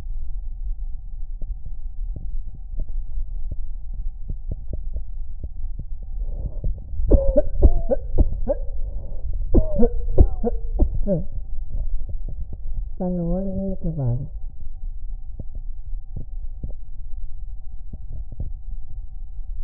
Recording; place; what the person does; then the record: lung sounds by stethoscope; right anterior apical chest; quiet breathing, then cough and speech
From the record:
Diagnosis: asthma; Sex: female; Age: 66 years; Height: 172 cm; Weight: 76 kg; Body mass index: 25.7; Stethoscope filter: extended mode